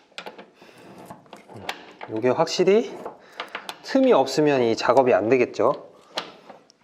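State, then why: Torque reached. A click-type torque wrench tightens a 6 mm flare nut on an air-conditioner refrigerant line without being held by hand. Someone talks throughout, with a few short knocks and taps. The wrench gives its sharp click at 6.2 s, meaning it has reached its set torque.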